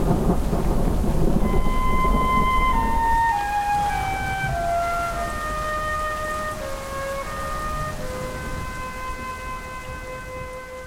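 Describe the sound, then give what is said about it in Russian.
Steady rain hisses throughout while a deep thunder rumble swells in the opening seconds, then fades. Thin, wavering tones slide slowly downward over the downpour, like a siren. “Он идет дальше, подставив дождю лицо.”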